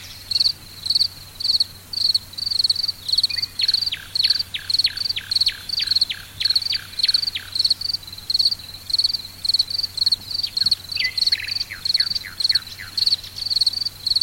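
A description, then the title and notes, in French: Crickets chirp in a fast, steady pulsing trill, joined by repeated high descending chirps from another insect, over a faint low hum. Grillons en début de soirée.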